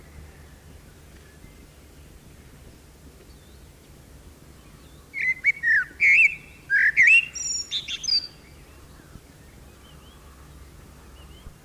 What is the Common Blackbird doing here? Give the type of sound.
song